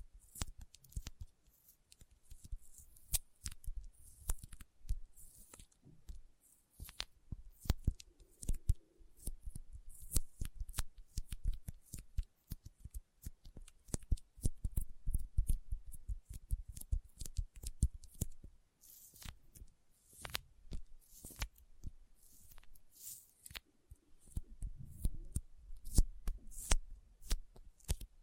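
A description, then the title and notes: Sticky fingers make dense, irregular crackling clicks and peels, in bursts with short pauses, sharp and bright with faint low thuds beneath. ASMR Intense Sticky Finger Sounds (No Talking).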